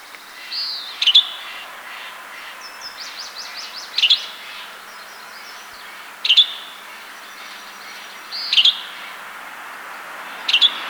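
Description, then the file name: Western tanager giving short, sharp calls of two or three quick notes, repeated about every two seconds, with a faint trill between them. "Western Tanager - Piranga ludoviciana"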